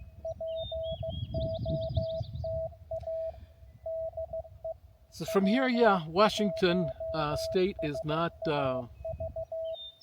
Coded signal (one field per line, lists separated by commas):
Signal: Morse code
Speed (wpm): 15 wpm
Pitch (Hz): 650 Hz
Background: speech, music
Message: POTA DE W1SAV